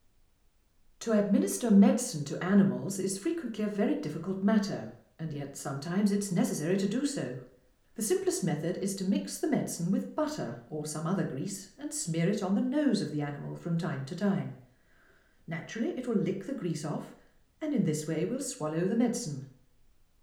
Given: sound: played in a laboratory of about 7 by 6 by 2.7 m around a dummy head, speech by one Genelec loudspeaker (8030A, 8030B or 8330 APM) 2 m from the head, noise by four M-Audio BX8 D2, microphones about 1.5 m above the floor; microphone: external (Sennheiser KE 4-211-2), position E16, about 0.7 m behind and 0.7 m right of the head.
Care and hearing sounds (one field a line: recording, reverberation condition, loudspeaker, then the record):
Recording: female speech in English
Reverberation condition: medium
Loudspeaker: 90 degrees to the right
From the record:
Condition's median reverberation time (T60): about 510 ms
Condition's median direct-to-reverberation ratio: about -0.5 dB